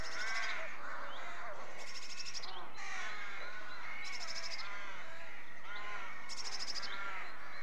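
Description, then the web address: Rooks calling at a rookery, many overlapping harsh caws and croaks, continuous throughout. Rookery with nests. "BBC Sound Effects Library. Rookery"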